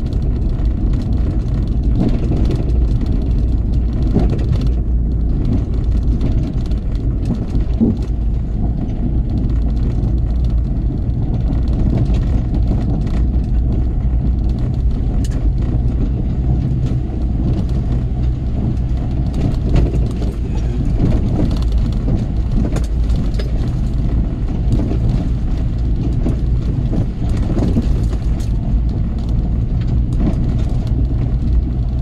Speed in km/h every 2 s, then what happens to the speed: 24, 24, 23, 23, 23, 24, 26, 26, 26, 26, 23, 23, 23, 23, 24, 26.
0-32 steady at about 24.